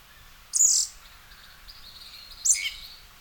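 Western red-legged thrush giving two harsh, high call notes about two seconds apart, with a faint thin whistle between them.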